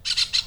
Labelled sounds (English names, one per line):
Brown-throated Parakeet contact call